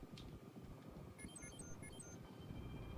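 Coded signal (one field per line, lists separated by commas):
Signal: none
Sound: game cockpit beeps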